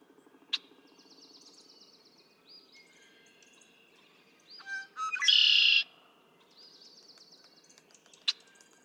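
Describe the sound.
Red-winged blackbird gives one song: stuttering introductory notes, then a loud rasping buzzy trill; faint high trills and two sharp clicks surround it.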